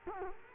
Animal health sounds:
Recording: mosquito wingbeat signal from an infrared sensor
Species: Culex quinquefasciatus

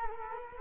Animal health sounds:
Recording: mosquito wingbeat signal from an infrared sensor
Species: Culex quinquefasciatus

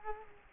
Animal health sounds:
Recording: mosquito wingbeat signal from an infrared sensor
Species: Culex quinquefasciatus

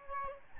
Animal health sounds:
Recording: mosquito wingbeat signal from an infrared sensor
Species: Aedes albopictus

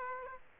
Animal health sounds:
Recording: mosquito wingbeat signal from an infrared sensor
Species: Aedes aegypti

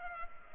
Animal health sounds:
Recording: mosquito wingbeat signal from an infrared sensor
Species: Culex pipiens

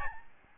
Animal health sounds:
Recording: mosquito wingbeat signal from an infrared sensor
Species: Aedes albopictus

